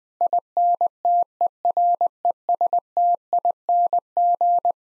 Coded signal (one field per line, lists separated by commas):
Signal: Morse code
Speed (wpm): 20 wpm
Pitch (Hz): 700 Hz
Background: none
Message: INTERESTING